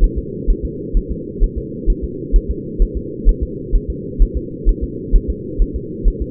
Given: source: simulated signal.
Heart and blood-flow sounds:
fetal heart sounds
0.04 s: S1
0.18 s: S2
0.50 s: S1
0.65 s: S2
0.97 s: S1
1.11 s: S2
1.44 s: S1
1.58 s: S2
1.90 s: S1
2.04 s: S2
2.36 s: S1
2.51 s: S2
2.82 s: S1
2.97 s: S2
3.29 s: S1
3.43 s: S2
3.76 s: S1
3.90 s: S2
4.22 s: S1
4.37 s: S2
4.69 s: S1
4.84 s: S2
5.16 s: S1
5.30 s: S2
5.62 s: S1
5.76 s: S2
6.08 s: S1
6.22 s: S2
From the record:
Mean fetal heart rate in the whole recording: 130 bpm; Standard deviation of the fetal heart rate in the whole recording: 2 bpm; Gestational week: 38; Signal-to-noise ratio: -4.1 dB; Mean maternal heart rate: no maternal heart sound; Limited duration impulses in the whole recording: absent

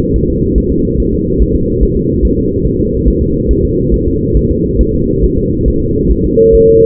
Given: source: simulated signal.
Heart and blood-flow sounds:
fetal heart sounds
0.16 s: S1
0.30 s: S2
0.58 s: S1
0.72 s: S2
1.00 s: S1
1.14 s: S2
1.42 s: S1
1.56 s: S2
1.83 s: S1
1.97 s: S2
2.25 s: S1
2.39 s: S2
2.66 s: S1
2.80 s: S2
3.08 s: S1
3.22 s: S2
3.51 s: S1
3.65 s: S2
3.94 s: S1
4.08 s: S2
4.37 s: S1
4.51 s: S2
4.81 s: S1
4.95 s: S2
5.24 s: S1
5.38 s: S2
5.68 s: S1
5.82 s: S2
6.12 s: S1
6.25 s: S2
6.55 s: S1
6.69 s: S2
From the record:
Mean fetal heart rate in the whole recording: 140 bpm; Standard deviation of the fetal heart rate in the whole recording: 2 bpm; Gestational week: 34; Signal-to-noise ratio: -10.2 dB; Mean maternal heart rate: 72 bpm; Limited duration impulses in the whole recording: present

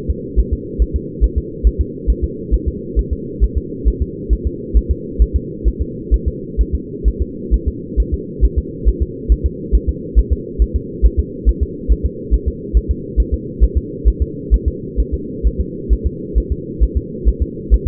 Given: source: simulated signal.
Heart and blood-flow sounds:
fetal heart sounds
0.10 s: S2
0.39 s: S1
0.53 s: S2
0.82 s: S1
0.96 s: S2
1.24 s: S1
1.38 s: S2
1.67 s: S1
1.81 s: S2
2.10 s: S1
2.24 s: S2
2.54 s: S1
2.68 s: S2
2.99 s: S1
3.13 s: S2
3.44 s: S1
3.58 s: S2
3.88 s: S1
4.02 s: S2
4.33 s: S1
4.47 s: S2
4.77 s: S1
4.91 s: S2
5.22 s: S1
5.36 s: S2
5.68 s: S1
5.82 s: S2
6.14 s: S1
6.28 s: S2
6.61 s: S1
6.75 s: S2
7.08 s: S1
7.22 s: S2
7.54 s: S1
7.68 s: S2
8.00 s: S1
8.14 s: S2
8.45 s: S1
8.59 s: S2
8.88 s: S1
9.02 s: S2
9.32 s: S1
9.46 s: S2
9.75 s: S1
9.89 s: S2
10.19 s: S1
10.33 s: S2
10.62 s: S1
10.76 s: S2
11.06 s: S1
11.19 s: S2
11.49 s: S1
11.63 s: S2
11.92 s: S1
12.06 s: S2
12.34 s: S1
12.48 s: S2
12.77 s: S1
12.91 s: S2
13.20 s: S1
13.34 s: S2
13.64 s: S1
13.78 s: S2
14.08 s: S1
14.22 s: S2
14.54 s: S1
14.68 s: S2
15.00 s: S1
15.14 s: S2
15.47 s: S1
15.60 s: S2
15.93 s: S1
16.07 s: S2
16.38 s: S1
16.52 s: S2
16.83 s: S1
16.97 s: S2
17.28 s: S1
17.42 s: S2
17.74 s: S1
17.88 s: S2
From the record:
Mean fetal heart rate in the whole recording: 135 bpm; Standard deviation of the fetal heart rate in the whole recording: 3 bpm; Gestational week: 34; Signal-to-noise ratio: -4.1 dB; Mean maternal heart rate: no maternal heart sound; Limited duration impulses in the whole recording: absent

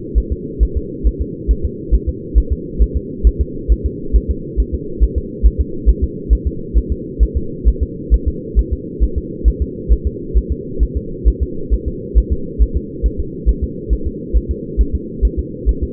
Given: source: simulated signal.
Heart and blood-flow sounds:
fetal heart sounds
0.18 s: S1
0.32 s: S2
0.63 s: S1
0.77 s: S2
1.07 s: S1
1.22 s: S2
1.51 s: S1
1.65 s: S2
1.94 s: S1
2.09 s: S2
2.38 s: S1
2.52 s: S2
2.82 s: S1
2.97 s: S2
3.27 s: S1
3.41 s: S2
3.72 s: S1
3.86 s: S2
4.16 s: S1
4.30 s: S2
4.60 s: S1
4.74 s: S2
5.03 s: S1
5.18 s: S2
5.46 s: S1
5.61 s: S2
5.89 s: S1
6.04 s: S2
6.33 s: S1
6.47 s: S2
6.77 s: S1
6.92 s: S2
7.23 s: S1
7.37 s: S2
7.68 s: S1
7.83 s: S2
8.14 s: S1
8.28 s: S2
8.59 s: S1
8.73 s: S2
9.04 s: S1
9.18 s: S2
9.48 s: S1
9.62 s: S2
9.93 s: S1
10.07 s: S2
10.37 s: S1
10.52 s: S2
10.83 s: S1
10.97 s: S2
11.28 s: S1
11.43 s: S2
11.73 s: S1
11.88 s: S2
12.18 s: S1
12.33 s: S2
12.62 s: S1
12.77 s: S2
13.06 s: S1
13.20 s: S2
13.49 s: S1
13.63 s: S2
13.93 s: S1
14.07 s: S2
14.37 s: S1
14.51 s: S2
14.81 s: S1
14.95 s: S2
15.25 s: S1
15.39 s: S2
15.69 s: S1
15.83 s: S2
From the record:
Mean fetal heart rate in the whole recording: 135 bpm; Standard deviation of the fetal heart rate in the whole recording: 3 bpm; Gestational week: 34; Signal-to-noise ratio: -4.3 dB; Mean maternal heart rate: 72 bpm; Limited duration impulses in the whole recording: absent

